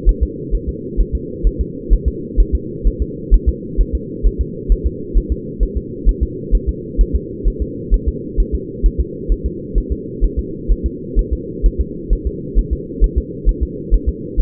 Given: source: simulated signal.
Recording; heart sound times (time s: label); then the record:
fetal heart sounds
0.09 s: S1
0.23 s: S2
0.55 s: S1
0.69 s: S2
1.00 s: S1
1.15 s: S2
1.47 s: S1
1.61 s: S2
1.93 s: S1
2.08 s: S2
2.40 s: S1
2.55 s: S2
2.87 s: S1
3.02 s: S2
3.34 s: S1
3.49 s: S2
3.81 s: S1
3.95 s: S2
4.27 s: S1
4.41 s: S2
4.72 s: S1
4.86 s: S2
5.18 s: S1
5.32 s: S2
5.63 s: S1
5.77 s: S2
6.09 s: S1
6.23 s: S2
6.55 s: S1
6.69 s: S2
7.01 s: S1
7.16 s: S2
7.48 s: S1
7.62 s: S2
7.94 s: S1
8.08 s: S2
8.40 s: S1
8.55 s: S2
8.86 s: S1
9.00 s: S2
9.32 s: S1
9.46 s: S2
9.78 s: S1
9.92 s: S2
10.25 s: S1
10.39 s: S2
10.72 s: S1
10.86 s: S2
11.19 s: S1
11.33 s: S2
11.66 s: S1
11.81 s: S2
12.13 s: S1
12.27 s: S2
12.59 s: S1
12.73 s: S2
13.04 s: S1
13.18 s: S2
13.49 s: S1
13.63 s: S2
13.94 s: S1
14.09 s: S2
14.40 s: S1
From the record:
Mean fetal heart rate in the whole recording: 130 bpm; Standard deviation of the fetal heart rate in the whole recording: 2 bpm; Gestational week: 36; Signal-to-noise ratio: -4.1 dB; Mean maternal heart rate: no maternal heart sound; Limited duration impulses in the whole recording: absent